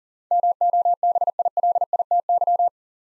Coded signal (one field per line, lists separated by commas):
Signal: Morse code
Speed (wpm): 39 wpm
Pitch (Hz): 700 Hz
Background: none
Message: MOBILITY